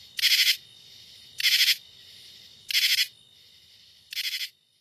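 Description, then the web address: Common true katydid giving four harsh rasps, each of a few pulses, evenly spaced, the last one weaker. North America. "Songs of Insects. Common True Katydid"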